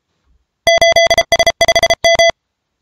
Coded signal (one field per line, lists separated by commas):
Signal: Morse code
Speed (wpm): 32 wpm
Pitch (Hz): 670 Hz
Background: music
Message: 8S5M